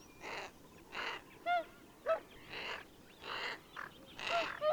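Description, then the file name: Greater Scaup producing hoarse, raspy calls that alternate with brief, ringing tonal notes, all over a soft, steady background hiss. "Bergand"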